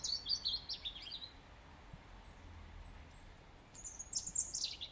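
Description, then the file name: European robin: high, thin, varied twittering notes in short bursts at the start and end, with a quiet pause between over soft background noise. "Erithacus rubecula"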